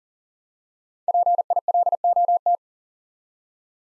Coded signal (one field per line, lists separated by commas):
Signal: Morse code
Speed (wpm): 40 wpm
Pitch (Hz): 700 Hz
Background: none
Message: PILOT